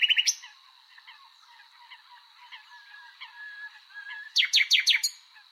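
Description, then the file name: Common nightingale song: loud rapid notes open and close the stretch, with softer, quieter notes in between. "Luscinia megarhynchos"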